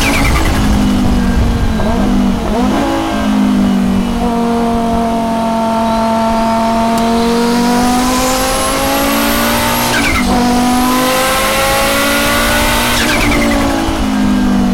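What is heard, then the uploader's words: A five-cylinder race engine screams from inside the car, its pitch climbing steadily through each gear and dropping sharply at shifts around 2, 10 and 13 seconds. The loud roar never lets up, with a faint high squeal rising midway through. 1988 Audi 200 Quattro Trans Am In-Car Audio at Monterey. Its 2.1-liter five-cylinder engine screams.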